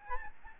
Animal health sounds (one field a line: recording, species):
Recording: mosquito wingbeat signal from an infrared sensor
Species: Aedes albopictus